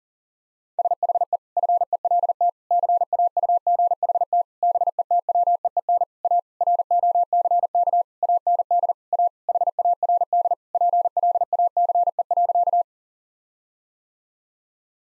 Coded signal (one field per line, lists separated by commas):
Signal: Morse code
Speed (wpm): 40 wpm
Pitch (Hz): 700 Hz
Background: none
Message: SHE FELT CAUGHT BETWEEN A ROCK AND A HARD PLACE.